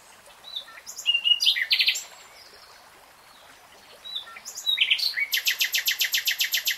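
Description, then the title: Nightingale giving varied loud chirps and slurred notes, pausing, then launching into a long steady rattle of fast repeated high notes. Nightingale singing, in a 3-hour real-time recording. "[Tiếng chim hót] Nightingale Singing"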